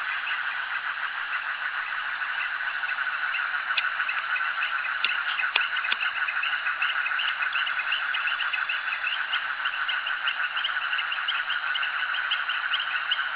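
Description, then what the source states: Frogs chorusing steadily in a busy rattling mass of pulsed notes, with a few sharp clicks near the middle. Frogs calling at a jetty.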